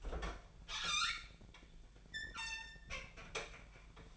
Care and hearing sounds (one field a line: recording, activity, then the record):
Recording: daily activity, microphone in the room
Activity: open fridge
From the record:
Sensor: 5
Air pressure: 1009.8 hPa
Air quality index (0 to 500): 161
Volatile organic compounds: 4 ppm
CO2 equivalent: 1569 ppm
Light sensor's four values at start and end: 105/274/113/119 and 107/277/114/121